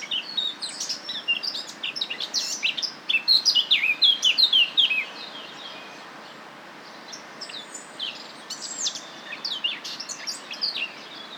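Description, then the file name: Eurasian blackcap song: a brisk warbling phrase that builds to loud whistled notes, a short lull, then another softer burst of varied chattering notes. "Sylvia atricapilla"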